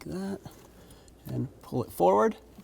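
Someone talks while lining up the plastic brake light switch retaining clip, hook facing outward, with the larger opening and pulling it forward on the brake pedal bracket of a 2007-2014 Chevrolet Silverado 2500 HD. Only speech and faint handling noise are heard between the words. Nothing has seated or clicked yet.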